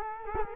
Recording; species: mosquito wingbeat signal from an infrared sensor; Culex quinquefasciatus